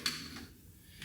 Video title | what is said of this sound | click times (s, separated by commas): 2025 Harley Road Glide LED License Plate Mod | Once you start hearing the little click sound, you know you're all the way to the end of your threads. | 0.1 s